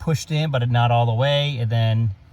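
On a Mercedes C32 AMG W203 during a brake booster and master cylinder replacement, a metal friction retaining clip has been pushed partway onto the brake pedal to booster pushrod pin while someone talks. The clip is not yet locked into the pin groove; nothing has seated or clicked yet.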